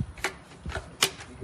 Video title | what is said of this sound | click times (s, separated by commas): Flooded Yard Causes Major Problems. Complete Yard Drain System - How to Fix - DIY for Homeowners | and we're just going to snap this in place it's so simple you can hear | 0.2 s, 1.0 s